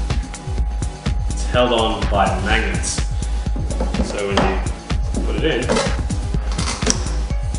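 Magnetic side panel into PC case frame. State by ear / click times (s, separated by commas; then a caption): seated / 6.9 s. A magnetically held side panel is fitted onto a PC case frame while someone talks over background music. The panel snaps into place with a sharp click at 6.9 s and seats firmly, held so strongly by the magnets that it is hard to get out.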